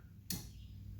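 A new windshield wiper blade adapter is slid up onto the wiper arm's J-hook. At 0.3 s a sharp, short click is heard as the retaining clip pin snaps into place. The blade is seated and will not pull off.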